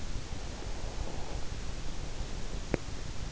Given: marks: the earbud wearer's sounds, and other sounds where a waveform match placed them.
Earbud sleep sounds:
sounds in sleep by an in-ear microphone; breath, teeth grinding
0.28-3.07 s: breath
2.55-3.02 s: teeth grinding

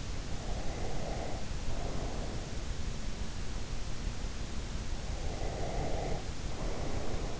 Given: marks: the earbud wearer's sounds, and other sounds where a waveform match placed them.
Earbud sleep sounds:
sounds in sleep by an in-ear microphone; breath
0.60-2.51 s: breath
5.23-7.40 s: breath

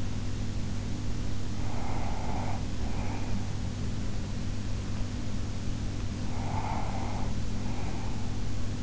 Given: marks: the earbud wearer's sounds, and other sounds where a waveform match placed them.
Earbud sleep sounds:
sounds in sleep by an in-ear microphone; breath
1.50-4.02 s: breath
6.06-8.83 s: breath

